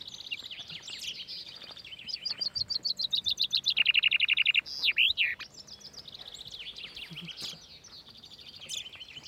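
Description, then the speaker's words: Common Chaffinch song: a fast descending trill ending in a flourish, with other chaffinch phrases before and after. Caged chaffinch, one of five singing in the beauty class of a finch song competition, at six in the morning on Whit Monday. "Dieser Buchfink ist einer von fünf Vögeln, die in der Schönheitsklasse des Finkenwettstreites vorsingen."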